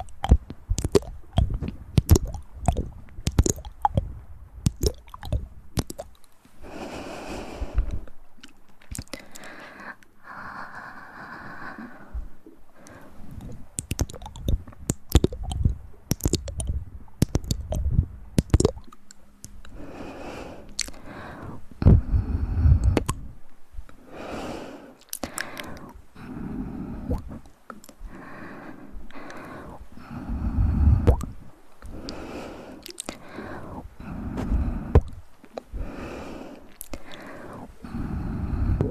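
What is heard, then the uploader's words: Wet mouth sounds, squishy clicks and smacks in dense irregular bursts, with brief quieter pauses around seven, twenty and thirty seconds. Mouth sounds.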